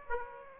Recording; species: mosquito wingbeat signal from an infrared sensor; Aedes aegypti